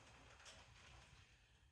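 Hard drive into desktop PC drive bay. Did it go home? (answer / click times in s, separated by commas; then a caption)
no / none. A hard drive is positioned in a desktop PC drive bay and lined up on the rails before being pushed home. A low steady hum runs under soft scraping and handling noise, with a brief brighter scrape near 0.5 s. Nothing has seated or clicked yet.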